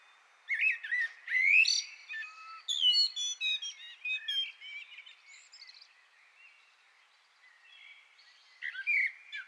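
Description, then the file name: Common blackbird song with a rising whistled note, then a rapid run of chattering, twittery notes that fade, and a last brief burst near the end. "Turdus merula"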